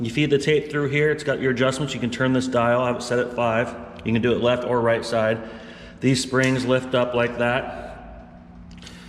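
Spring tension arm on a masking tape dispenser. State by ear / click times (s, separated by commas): seated / 8.7 s, 8.8 s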